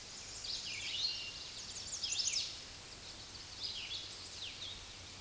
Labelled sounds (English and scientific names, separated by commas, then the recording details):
Red-eyed Vireo (Vireo olivaceus) song
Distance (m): 30 m
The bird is about 15 m above the microphone
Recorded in a Pennsylvania forest on 16 May 2024 at 06:42
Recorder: AudioMoth, point MSD-0398
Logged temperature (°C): 16.4 °C
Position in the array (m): 165 m, 73 m